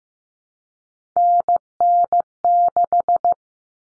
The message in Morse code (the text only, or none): NN6